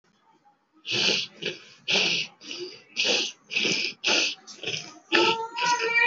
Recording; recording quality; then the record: shallow breathing; excellent, no background noise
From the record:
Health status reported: exposed to COVID-19, no respiratory illness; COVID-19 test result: negative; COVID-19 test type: RT-PCR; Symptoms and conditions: cold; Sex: female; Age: 27 years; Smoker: no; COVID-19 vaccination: both doses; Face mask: worn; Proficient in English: yes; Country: India